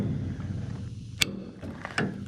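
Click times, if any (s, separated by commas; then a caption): 1.2 s. The steel side gate latch on a 16 ft dump trailer is latched shut, locking into place with a sharp, ratchet-like metallic clack at 1.2 s. Fainter metallic knocks follow near 1.9 and 2.0 s over low background rumble, and the latch is left secured.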